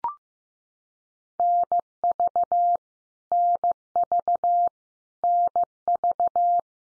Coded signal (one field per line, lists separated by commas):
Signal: Morse code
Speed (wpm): 15 wpm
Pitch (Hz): 700 Hz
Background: none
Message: NV NV NV